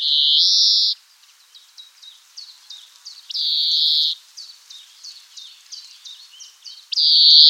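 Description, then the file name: European greenfinch calls: long, harsh wheezing buzzes of about a second, repeated three times, with quick soft twittering ticks in between. "Chloris chloris"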